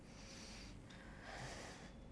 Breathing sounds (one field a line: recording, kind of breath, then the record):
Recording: one breath in and out by a microphone near the nose and mouth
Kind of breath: deep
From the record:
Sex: male